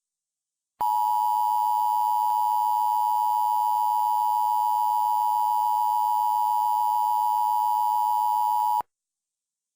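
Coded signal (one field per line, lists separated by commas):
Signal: Emergency Alert System (SAME) tones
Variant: 853 and 960 Hz attention tone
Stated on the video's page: Fictional EAS scenario using valid SAME tones; simulated, not a real broadcast.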